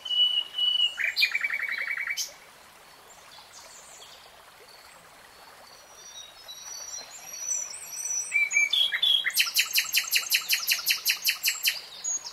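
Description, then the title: Nightingale song: a short whistle and rattling trill, a pause with faint notes, then a long fast series of loud sharp repeated notes. Singing, heard in real time, from a 3-hour recording. "[Tiếng chim hót] Nightingale Singing"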